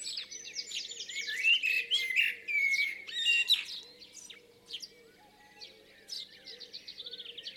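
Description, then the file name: Common blackbird singing: low fluted warbling phrases that break into high, squeaky twittering, with faint chattering of other birds underneath throughout. "Turdus merula"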